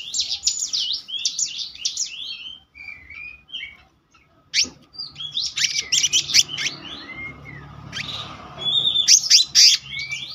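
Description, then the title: Selendang biru singing fast twittering phrases and whistles, a brief pause midway, then more rapid chirps and slurred notes. Continuous rolling song style (gacor ngeroll) with fill-in phrases (isian). "BURUNG SELENDANG BIRU GACOR NGEROLL ISIAN"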